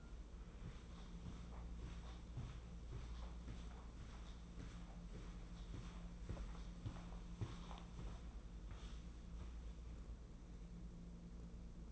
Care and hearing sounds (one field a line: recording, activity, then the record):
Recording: daily activity, microphone in the room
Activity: walk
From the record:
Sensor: 1